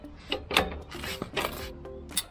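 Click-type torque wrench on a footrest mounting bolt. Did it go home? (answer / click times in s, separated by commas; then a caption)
yes / 0.6 s. A click-type torque wrench tightens the upper of two footrest bolts that hold a GIVI TN6415 crash bar on a Tiger 900 GT Pro (MY2023) motorbike. Rubbing, ratchet-like mechanical sounds are broken by a sharp click at 0.6 s, with softer knocks later. The wrench clicks at its torque setting, so the upper bolt is tightened to spec.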